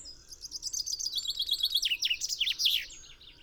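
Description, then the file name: Common chaffinch song: a bright series of notes falling in pitch, ending in a final flourish. "Fringilla coelebs"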